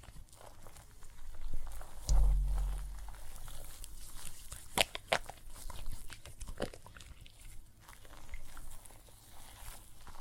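Soap foam crackles and pops in scattered clicks, with a low thump near two seconds and a sharp burst of pops around five.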